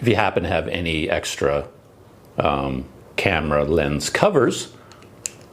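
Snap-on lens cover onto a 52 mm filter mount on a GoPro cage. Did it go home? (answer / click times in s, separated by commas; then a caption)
yes / 5.3 s. A spare camera lens cover taken from an old Olympus camera is pressed onto the standard 52 mm filter thread of a GoPro cage while someone talks. A sharp click at 5.3 s is heard as the snap-on cover seats into place.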